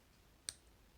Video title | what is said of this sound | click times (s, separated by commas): Stowa Partitio Vintage Limited Black automatic watch - hands on review | good to grip on to clicks there's only one click so there's no ghost um position | 0.5 s